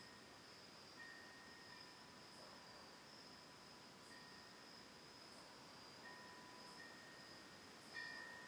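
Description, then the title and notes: Crickets give a constant high trill beneath repeated windbell tones. Autumn night, Oct. 10th 2020, lakeside home in Ithaca, New York, by Cayuga Lake; a tolling windbell also present. "Autumn Night: Ithaca, New York. Recorded Oct. 10th 2020 from a lakeside home in Ithaca, New York. Sounds of crickets, birds and a single tolling windbell (Cosanti Bells)"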